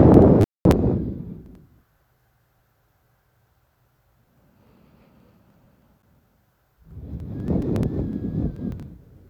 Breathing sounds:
nose breathing near a microphone
0.00-1.90 s: exhalation
4.26-6.79 s: inhalation
6.79-9.30 s: exhalation
From the record:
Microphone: phone

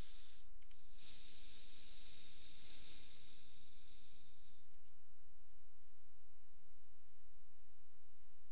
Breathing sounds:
nose breathing near a microphone
0.00-0.67 s: inhalation
0.67-4.72 s: exhalation
From the record:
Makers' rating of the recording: medium

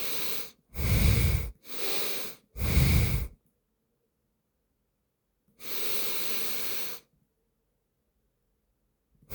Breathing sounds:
nose breathing near a microphone
0.00-0.46 s: inhalation
0.46-1.46 s: exhalation
1.46-2.31 s: inhalation
2.31-3.21 s: exhalation
5.36-7.01 s: inhalation
9.06-9.35 s: exhalation
From the record:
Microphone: phone

